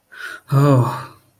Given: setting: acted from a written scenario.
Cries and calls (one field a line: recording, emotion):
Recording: vocal sound without words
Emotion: desire